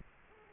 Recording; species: mosquito wingbeat signal from an infrared sensor; Culex quinquefasciatus